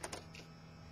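Small plastic pegs on a transforming toy are pressed into their sockets just below the drill. Two sharp snaps land at 0.0 and 0.1 seconds, followed by a softer, longer sound at about 0.4 seconds. The pegs are seated.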